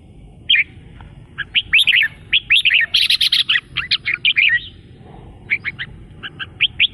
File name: suara kutilang jambul